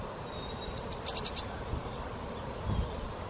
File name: Parus major